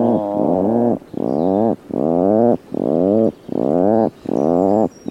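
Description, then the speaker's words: Atlantic puffin growling in long harmonic bursts of under a second each, repeated with short gaps, each note wavering and slightly rising. Growling call made inside the nesting burrow after egg-laying, vaguely reminiscent of a chainsaw, but softer. "Als de eieren eenmaal zijn gelegd, trekt de papegaaiduiker zich terug in het broedhol en hebben ze een grommende roep die vaag doet denken aan het geluid van een kettingzaag, maar dan zachter."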